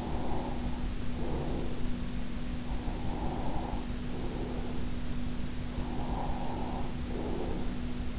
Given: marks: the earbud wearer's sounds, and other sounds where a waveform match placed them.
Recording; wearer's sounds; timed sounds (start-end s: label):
sounds in sleep by an in-ear microphone; breath
0.00-1.99 s: breath
2.99-4.99 s: breath
5.99-7.99 s: breath